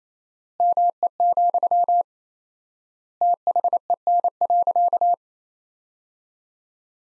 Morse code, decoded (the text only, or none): ME, THEN.